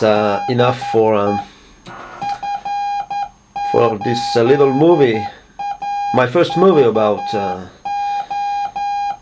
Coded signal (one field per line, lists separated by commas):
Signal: Morse code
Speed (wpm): 11 wpm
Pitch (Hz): 810 Hz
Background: speech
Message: DE F8AVO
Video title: Morse sender/decoder